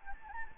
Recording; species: mosquito wingbeat signal from an infrared sensor; Anopheles gambiae